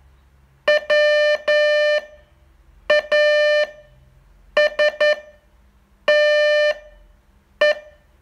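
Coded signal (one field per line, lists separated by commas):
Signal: Morse code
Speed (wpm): 10 wpm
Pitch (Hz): 600 Hz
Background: none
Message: WASTE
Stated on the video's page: Morse training test, day 38 of a 42-day course.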